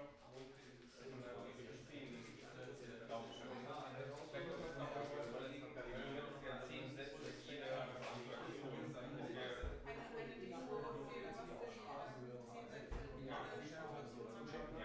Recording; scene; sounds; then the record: everyday scene through a hearing-aid microphone; many people talking; many voices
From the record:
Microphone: behind the ear, right, front